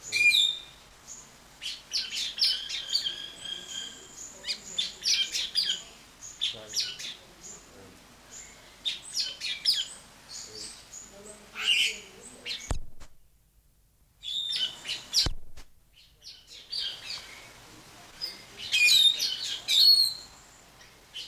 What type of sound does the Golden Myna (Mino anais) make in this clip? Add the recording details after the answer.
call. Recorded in captivity. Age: adult. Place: Zoo Berlin, Berlin, DE. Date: 1992-05-09 10:30. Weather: wolkig, 11-14°C. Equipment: Nagra SN, Mikrofon AKG CK 8, Kopie Tesla B 116. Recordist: Tembrock, Günter